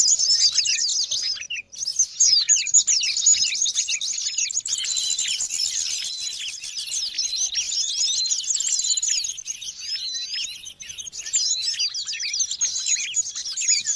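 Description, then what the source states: Birds chirping en masse, very high, thin twitters streaming densely, with one brief break near the start before the chatter resumes. Noisy birds, used as a lure to attract wild birds.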